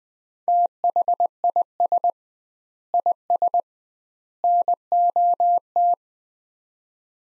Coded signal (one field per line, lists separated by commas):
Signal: Morse code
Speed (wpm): 21 wpm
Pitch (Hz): 700 Hz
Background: none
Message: THIS IS NOT